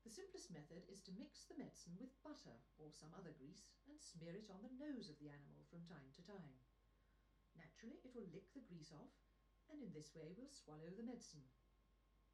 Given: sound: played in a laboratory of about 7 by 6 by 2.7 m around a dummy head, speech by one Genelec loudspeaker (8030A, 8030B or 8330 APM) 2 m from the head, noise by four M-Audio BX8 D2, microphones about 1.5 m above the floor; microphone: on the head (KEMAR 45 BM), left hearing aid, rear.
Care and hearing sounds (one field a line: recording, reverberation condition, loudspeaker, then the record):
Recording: female speech in English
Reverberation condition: low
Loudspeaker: 120 degrees to the right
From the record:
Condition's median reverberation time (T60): about 310 ms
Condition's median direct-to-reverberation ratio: about 3.5 dB